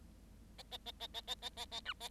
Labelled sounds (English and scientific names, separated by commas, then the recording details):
Bengalese Finch (Lonchura striata domestica) song
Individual Bird7